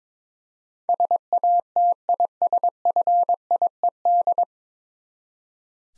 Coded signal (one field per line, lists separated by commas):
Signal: Morse code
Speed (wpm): 22 wpm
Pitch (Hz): 700 Hz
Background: none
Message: SATISFIED